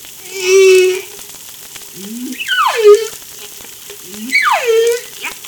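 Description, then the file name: Humpback whale song with a strong steady moan, then low upswept grunts and two long descending whooping cries. Recorded off La Réunion by Darewin on 3 July 2013. "Humpback Darewin La Reunion Jul 03 2013"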